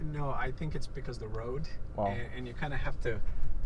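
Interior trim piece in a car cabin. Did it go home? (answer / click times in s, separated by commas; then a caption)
no / none. Someone talks about a rattling interior trim piece in the cabin of a VW Golf R, which vibrates on a rough road and needs a push to stop. Only speech is heard, and the trim piece has not yet clicked into place.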